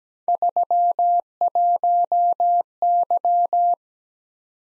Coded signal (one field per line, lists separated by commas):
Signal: Morse code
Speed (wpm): 17 wpm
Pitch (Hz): 700 Hz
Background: none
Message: 31Y